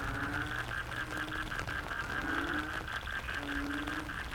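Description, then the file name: Frogs calling in overlapping low croaks and a dense buzzy mid-pitched pulsing chorus, with low rumbling underneath. Frog chorus soundscape recorded in the Cherating wetlands, Malaysia. "yamaha frogs cherating wetlands"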